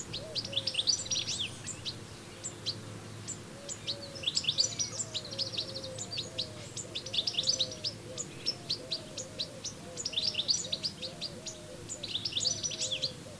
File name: Carduelis carduelis